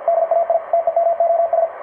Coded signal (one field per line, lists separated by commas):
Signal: Morse code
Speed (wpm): 47 wpm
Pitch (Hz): 670 Hz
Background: radio noise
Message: DAI TEMOS